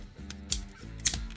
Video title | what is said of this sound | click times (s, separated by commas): Patriot Prime Reviews Transformers Age Of The Primes Maximal Big Convoy | There we go. Just kind of fiddle with it until everything pops into place. | 0.5 s, 1.1 s